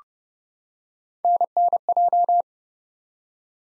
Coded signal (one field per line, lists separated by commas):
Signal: Morse code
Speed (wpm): 30 wpm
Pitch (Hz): 700 Hz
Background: none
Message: NNJ